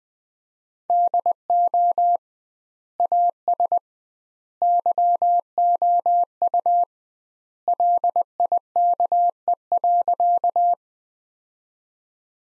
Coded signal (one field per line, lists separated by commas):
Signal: Morse code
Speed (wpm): 20 wpm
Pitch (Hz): 700 Hz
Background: none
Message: DO AS YOU LIKE.